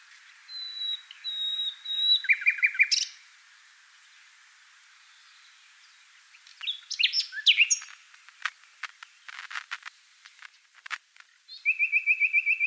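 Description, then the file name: Common nightingale song: a drawn-out whistle, then a quick rattling trill, pauses, scattered sharp clicks and a fast repeated note series at the end. "Luscinia megarhynchos"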